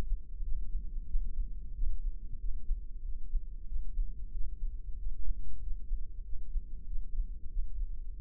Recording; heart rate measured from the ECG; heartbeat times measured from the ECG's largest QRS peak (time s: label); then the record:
heart sounds by microphone in the left ear; 93 bpm
0.46 s: heartbeat
1.09 s: heartbeat
1.77 s: heartbeat
2.42 s: heartbeat
3.06 s: heartbeat
3.70 s: heartbeat
4.34 s: heartbeat
5.00 s: heartbeat
5.64 s: heartbeat
6.27 s: heartbeat
6.89 s: heartbeat
7.52 s: heartbeat
8.16 s: heartbeat
From the record:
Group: healthy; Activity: rest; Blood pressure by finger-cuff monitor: 148/70 mmHg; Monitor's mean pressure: 92 mmHg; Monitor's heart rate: 94 bpm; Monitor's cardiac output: 8.8 L/min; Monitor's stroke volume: 94 mL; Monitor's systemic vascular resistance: 770 dyn s/cm5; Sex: male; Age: 21 years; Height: 175 cm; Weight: 72.6 kg